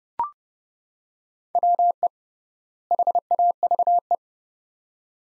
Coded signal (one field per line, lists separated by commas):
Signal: Morse code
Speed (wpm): 29 wpm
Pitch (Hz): 700 Hz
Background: none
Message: WE HAVE